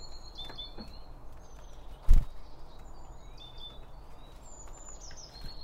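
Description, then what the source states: Bird: thin high whistles and chirps from several birds, with a single loud thump partway through and low background noise. Birds around a bird feeder, recorded with two OM 1 microphones from Line Audio.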